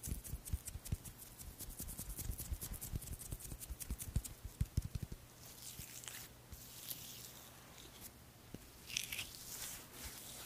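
Hands work creamy products in a massage, producing rapid wet clicks and smacks through the first five seconds. Afterward the sounds turn softer, with slow rubbing swishes and an occasional bright squish near the end, over a faint steady low hum.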